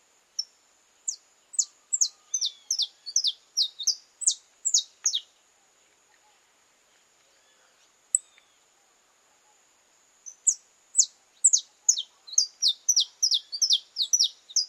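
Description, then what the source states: Belgian canary song in two bursts of rapid falling whistled notes separated by a quiet pause of several seconds, with a thin steady whine running underneath. Purebred Belgian canary.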